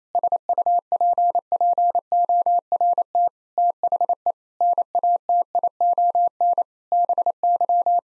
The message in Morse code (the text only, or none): SUPPORT THE NATION BY